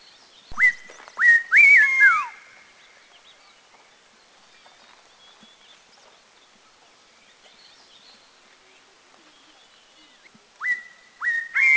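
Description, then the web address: Spotted laughingthrush phrase of four upslurred whistles, the last falling, then a long quiet pause before the series begins again. Recorded at Dirang, India. "India Dirang Spotted LT"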